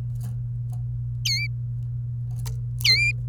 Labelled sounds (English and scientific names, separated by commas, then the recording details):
Domestic Canary (Serinus canaria) song
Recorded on 27 April 2018 at 16:44
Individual llb3